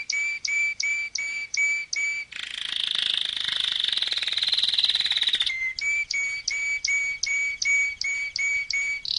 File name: Canary Sound